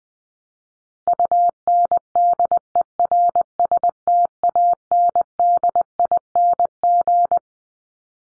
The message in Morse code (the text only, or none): UNDERSTANDING